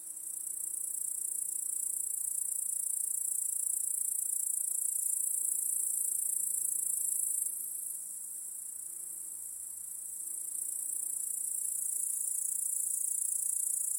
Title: Crickets in Your Backyard 🏡. Discovering the Sounds of Home